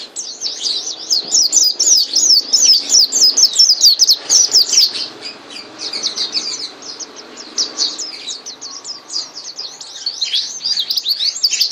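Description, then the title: White-eye singing a fast, continuous high twittering song of rapid zigzag chirps, softer after the midpoint, then louder again at the end. Yellow-breasted white-eye singing vigorously (gacor). "Pleci Mata Putih Dada Kuning Gacor Dor"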